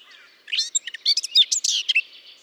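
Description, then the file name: Eurasian blackcap song, a burst of scratchy, chattering warbling with harsher notes mixed among brief whistles. "Sylvia atricapilla"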